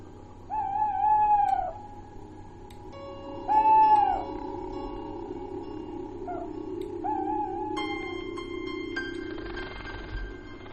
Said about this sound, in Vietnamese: Ở trên ngọn tre, con cú mèo khẽ rùng mình rồi bay vụt ra hướng lộ, gào lên những tiếng thê thảm kèn kẹt đến ma quái, như là nó đang vui sướng lắm vậy.